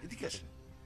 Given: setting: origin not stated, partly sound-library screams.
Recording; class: one-second piece from a danger detection set; normal situation